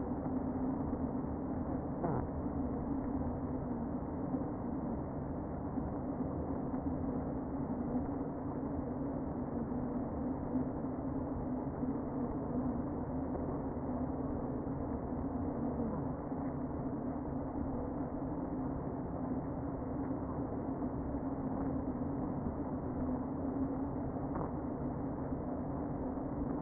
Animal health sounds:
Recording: honeybee colony, microphone inside the hive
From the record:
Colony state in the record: queen present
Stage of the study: before two queens were removed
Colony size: about 60,000 bees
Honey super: yes

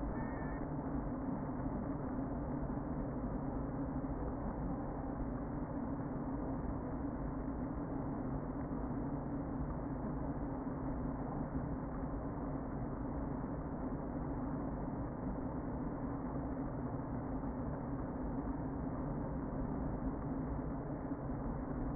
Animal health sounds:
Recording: honeybee colony, microphone inside the hive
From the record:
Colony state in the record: queen present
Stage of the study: before two queens were removed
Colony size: about 60,000 bees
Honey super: yes

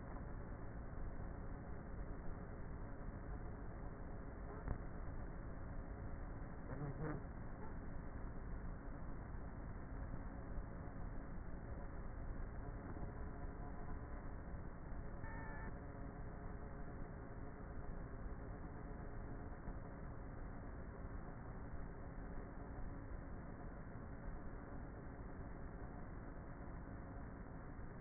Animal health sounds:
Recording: honeybee colony, microphone inside the hive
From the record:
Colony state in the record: queenless with a low population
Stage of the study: before two queens were removed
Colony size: about 30,000 bees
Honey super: no

